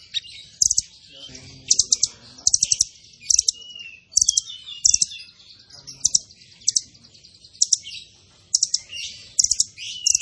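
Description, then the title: Zebra finch song: many clusters of very high, sharp ticking chirps in quick succession, with thin sliding whistles between. Bird singing vigorously (gacor); recording made as a model (masteran) for training other birds. "Masteran Burung Tembakan Gacor"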